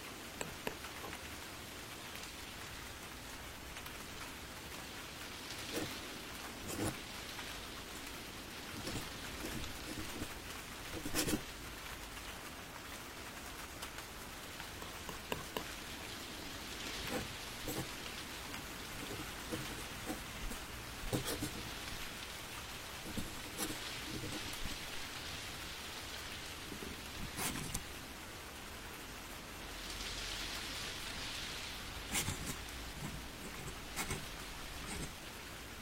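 Rain falls steadily outside a warm attic room, a dense, even hiss that stays constant throughout. Sharp taps and knocks punctuate it irregularly, every few seconds, perhaps drops striking the roof or small movements indoors while writing.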